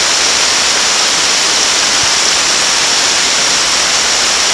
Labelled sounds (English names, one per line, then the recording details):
none
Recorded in dense forest near Puerto Asís, Putumayo, Colombia, on 9 March 2025 at 11:30
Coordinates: 0.499, -76.324
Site GP03